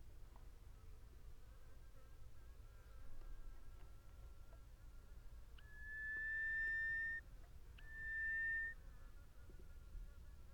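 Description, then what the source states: Bird song of two clear, steady whistles, the first over a second long and the second shorter, against a quiet background with soft low rumble. Song given in flight over a sand desert.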